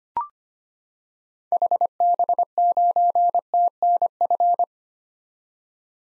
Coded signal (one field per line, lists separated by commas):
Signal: Morse code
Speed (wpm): 25 wpm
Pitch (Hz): 700 Hz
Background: none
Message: HB9TNF